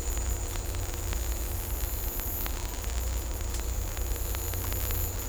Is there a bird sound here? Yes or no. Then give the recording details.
no. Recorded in dense forest near Puerto Asís, Putumayo, Colombia, on 16 December 2024 at 15:00. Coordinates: 0.503, -76.323. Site G043